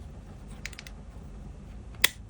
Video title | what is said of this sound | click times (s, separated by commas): ⚫ Fanhome Building the Legendary Sith Lord: Darth Vader - Stage 11. The build continues! | It clicks in place. | 2.0 s